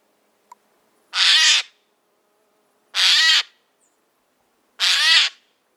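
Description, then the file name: Eurasian jay repeating a hoarse, grating screech three times at steady intervals of about two seconds, a faint click before the first. "Garrulus glandarius"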